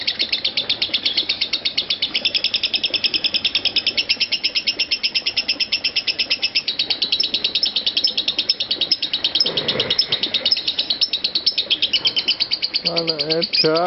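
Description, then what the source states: Lovebird chattering in a rapid, steady stream of shrill chirps, with a brief lower sound in the middle and a few lower harsh calls near the end. Konslet song style.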